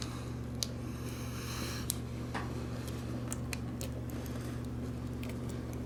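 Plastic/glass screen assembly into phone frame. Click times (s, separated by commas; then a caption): 0.6 s, 1.9 s, 3.3 s, 3.5 s. A new plastic and glass iPhone screen assembly is pressed into the phone frame, starting at the top and working down, over a steady low hum. Sharp clicks sound at 0.6, 1.9, 3.3 and 3.5 seconds as the screen snaps into place and is seated.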